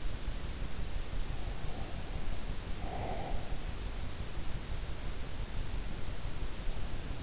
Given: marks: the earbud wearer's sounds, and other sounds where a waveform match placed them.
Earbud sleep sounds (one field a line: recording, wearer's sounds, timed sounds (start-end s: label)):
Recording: sounds in sleep by an in-ear microphone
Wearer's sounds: breath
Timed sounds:
2.23-4.28 s: breath